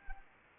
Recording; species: mosquito wingbeat signal from an infrared sensor; Anopheles arabiensis